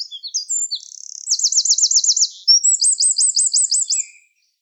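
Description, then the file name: Eurasian wren singing: a few sharp high notes leading into two fast rattling trills. "Troglodytes troglodytes"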